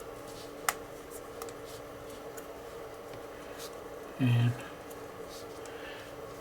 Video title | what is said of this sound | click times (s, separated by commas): Agora Models 1961 Jaguar XK-E Stages 24 - 31 | there you go, snapped in place there. | 0.7 s